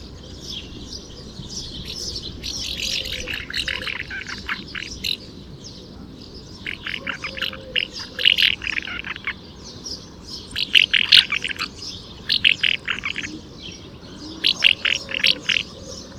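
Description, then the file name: Common house martin calls: bursts of dry, buzzy chirps and twitters in clusters, with quiet gaps between. "balestruccio"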